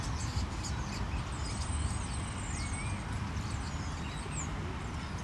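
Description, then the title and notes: Common starlings giving a few thin sweeping whistles and faint chatter, mostly masked by a deep steady roar of traffic. Flock in plane trees at Parc de la Porte de Ninove, Molenbeek-Saint-Jean, Brussels, Belgium, with city traffic; Lom mikroUši microphone into Deity PR-2 recorder. "Parc de la Porte de Ninove, Molenbeek-Saint-Jean, Bruxelles-Capitale, Belgique - Starlings and the city. 1 minute of starlings in plane trees, then they go away. Une minute d'étourneaux dans des platanes avant qu'ils prennent leur envol"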